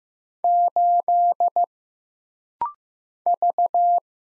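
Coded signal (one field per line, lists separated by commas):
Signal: Morse code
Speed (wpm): 15 wpm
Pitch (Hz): 700 Hz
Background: none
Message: 8 V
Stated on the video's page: Rapid-fire Morse practice at 15 wpm: single letters, numbers, punctuation and prosigns, each sent twice for instant character recognition drill.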